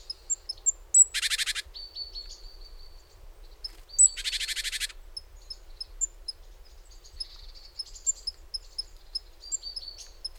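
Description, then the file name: Great tit call: two harsh, buzzy rattles about three seconds apart, with thin high chips scattered throughout. "Parus major"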